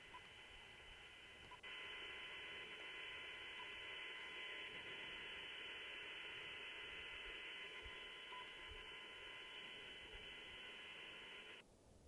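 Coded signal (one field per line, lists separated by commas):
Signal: HF data modem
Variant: VARA HF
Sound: steady wide hiss-like data block with faint steady tones, starting and stopping abruptly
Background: radio static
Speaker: there we are getting a connection to the station and we're still set on just five Watts on the 705 for power so we are doing this qrp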